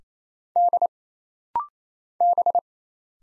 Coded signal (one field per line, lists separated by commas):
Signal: Morse code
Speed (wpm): 28 wpm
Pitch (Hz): 700 Hz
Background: none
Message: D B